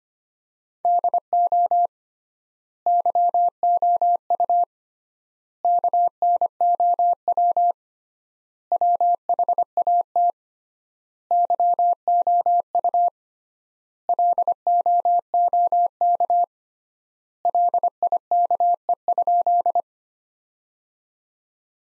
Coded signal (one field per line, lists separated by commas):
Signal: Morse code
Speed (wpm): 25 wpm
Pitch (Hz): 700 Hz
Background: none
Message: DO YOU KNOW WHAT YOU LOOK LIKE?